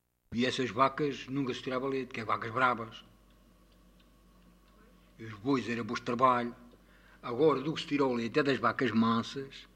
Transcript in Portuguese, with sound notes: E, essas vacas, nunca se tirava leite, que é vacas bravas! [pausa] E os bois era bois de trabalho! Agora do que se tira o leite é das vacas mansas